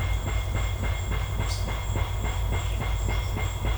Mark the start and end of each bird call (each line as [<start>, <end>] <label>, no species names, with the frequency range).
[1.41, 1.74] bird call (3.2-7.2 kHz)